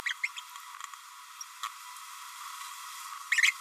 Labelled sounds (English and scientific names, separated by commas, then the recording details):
Green-rumped Parrotlet (Forpus passerinus) babbling
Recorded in a nest box in Venezuela
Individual 18B25A4